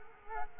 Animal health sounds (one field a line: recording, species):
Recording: mosquito wingbeat signal from an infrared sensor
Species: Culex quinquefasciatus